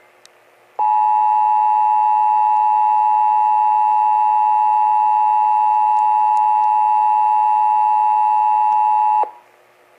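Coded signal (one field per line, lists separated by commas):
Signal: Emergency Alert System (SAME) tones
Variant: 853 and 960 Hz attention tone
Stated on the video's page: Texas required monthly test, heard on several Dallas–Fort Worth radio and TV stations.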